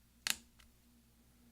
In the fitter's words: and push down on the top, and you should hear a snap.